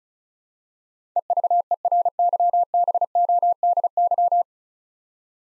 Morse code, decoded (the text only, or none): EVERYBODY